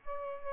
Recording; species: mosquito wingbeat signal from an infrared sensor; Aedes albopictus